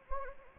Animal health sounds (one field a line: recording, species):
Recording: mosquito wingbeat signal from an infrared sensor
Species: Anopheles gambiae